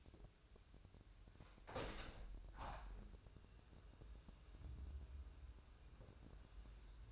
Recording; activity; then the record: daily activity, microphone in the room; open window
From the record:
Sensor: 2